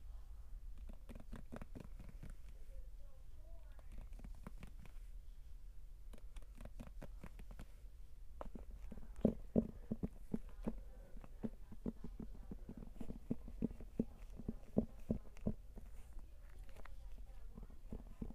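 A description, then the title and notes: A book is tapped repeatedly, giving short, dull knocks with a low thump. The taps come sparse and uneven at first, then grow denser and faster from about eight seconds on, with a few sharper, louder hits near nine and fifteen seconds. Book tapping.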